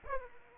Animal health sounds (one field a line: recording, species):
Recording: mosquito wingbeat signal from an infrared sensor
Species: Aedes aegypti